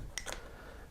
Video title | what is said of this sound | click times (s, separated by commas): CGI by James Keatley revealed | uh replace the housing. Make sure it clicks down | 0.2 s